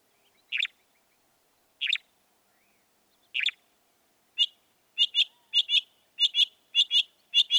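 Northern mockingbird song: single sharp notes spaced over a second apart, then quickening into paired notes.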